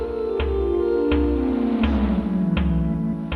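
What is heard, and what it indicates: Sustained synthetic tones with slowly sliding pitches play over a steady percussive beat of about 82 per minute. This is biomusic made from vital signs picked up by sensors on the patient's body: heart rate sets the tempo, temperature the notes and skin sweat the melody. Here it reflects an anxious state. Such biomusic is explored as a way for nonverbal autistic children to express themselves.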